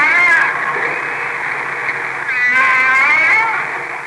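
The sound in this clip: Humpback whale song units, wavering tonal moans that bend up and down, in two phrases over a hissing, noisy background.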